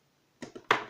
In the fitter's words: chargeur et va là c'est un peu compliqué à le mettre dedans ça se clipse jeu